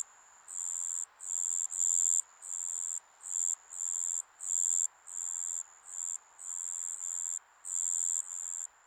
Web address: Sound Effects-Foundation 1 AMBIENCE JAPANESE SUMMER INSECTS 03